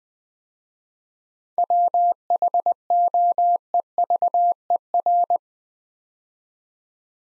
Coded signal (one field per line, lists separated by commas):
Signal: Morse code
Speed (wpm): 20 wpm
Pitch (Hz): 700 Hz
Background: none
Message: WHOEVER